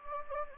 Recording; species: mosquito wingbeat signal from an infrared sensor; Anopheles gambiae